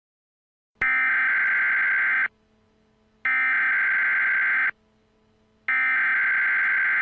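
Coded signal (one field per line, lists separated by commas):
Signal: Emergency Alert System (SAME) tones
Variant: header bursts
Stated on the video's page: Fictional EAS scenario combining a tornado warning and a nuclear missile emergency.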